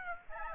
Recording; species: mosquito wingbeat signal from an infrared sensor; Aedes aegypti